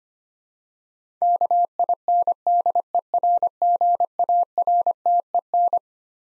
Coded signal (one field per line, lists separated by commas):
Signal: Morse code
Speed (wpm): 25 wpm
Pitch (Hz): 700 Hz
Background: none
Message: KINDERGARTEN